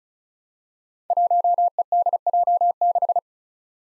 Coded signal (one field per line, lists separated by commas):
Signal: Morse code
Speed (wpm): 36 wpm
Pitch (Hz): 700 Hz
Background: none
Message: 1EDJ6